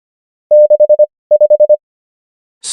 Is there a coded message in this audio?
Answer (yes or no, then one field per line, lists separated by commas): yes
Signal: Morse code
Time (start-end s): 0.5-1.8 s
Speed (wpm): 25 wpm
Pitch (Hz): 600 Hz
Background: none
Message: 65